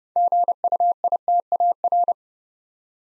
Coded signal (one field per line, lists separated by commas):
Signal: Morse code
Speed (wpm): 30 wpm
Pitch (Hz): 700 Hz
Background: none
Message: GUITAR